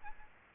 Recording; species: mosquito wingbeat signal from an infrared sensor; Aedes aegypti